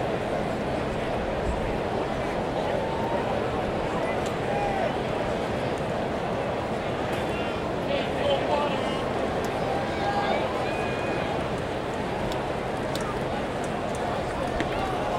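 A ballgame crowd murmurs in a thick, steady wash of many voices, loudest in the low and middle range, with no lulls across the whole stretch. Brief sharp clicks and knocks and a few short shouts or whistles poke out now and then, especially past the midpoint.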